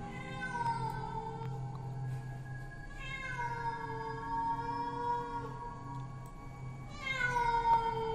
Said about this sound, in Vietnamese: Ấy thế nhưng lại không có tiếng gọi, thay vào đó là bầy mèo hoang ở trên rừng đang kêu lên inh ỏi. Một lúc tiếng mèo kêu bắt đầu nhiều hơn, những con mèo dường như đã bắt đầu vào sâu trong bản.